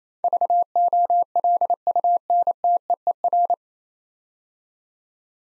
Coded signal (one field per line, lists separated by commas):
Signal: Morse code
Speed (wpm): 28 wpm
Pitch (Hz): 700 Hz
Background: none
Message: VOLUNTEER